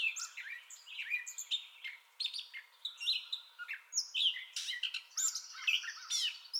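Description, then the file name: Gray catbird delivering a varied song of mixed chirps, slurs and harsh notes in rapid succession, with a high squeaky phrase near the end. Song bout, recorded 30 May 2021. "2021-05-30 Gray Catbird Song Bout"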